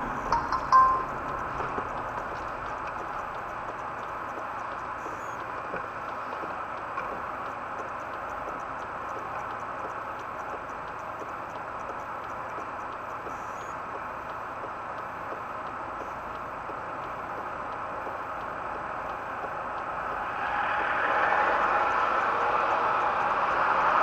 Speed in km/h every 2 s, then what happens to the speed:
5, 6, 2, 2, 2, 2, 2, 2, 2, 2, 2, 2.
3-24 standing.